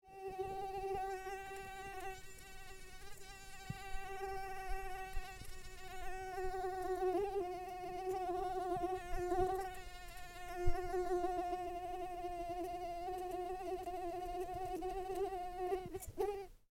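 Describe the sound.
Mosquito buzz, a steady high whine that wavers slightly in pitch throughout, with a few faint clicks.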